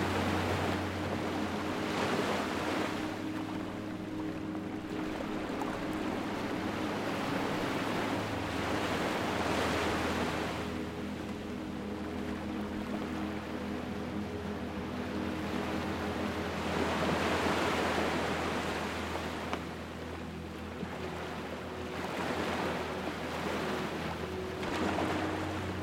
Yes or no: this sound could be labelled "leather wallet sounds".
no